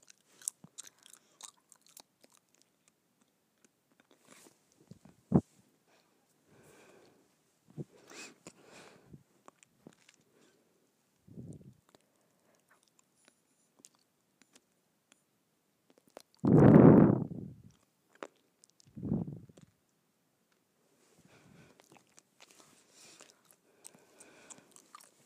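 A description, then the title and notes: Gum chewing with soft, scattered wet clicks and smacks, sparse at first, then louder, fuller chews around sixteen and nineteen seconds. ASMR Gum Chewing.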